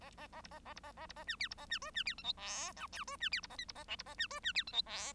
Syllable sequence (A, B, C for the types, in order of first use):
A A A B A A B A A B A C D B A C E C D F G H I J E C D B A K B A L B A C E C D F G H